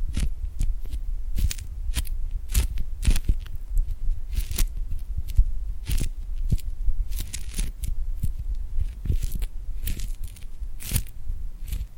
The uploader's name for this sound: Tingly Glued Hand Sounds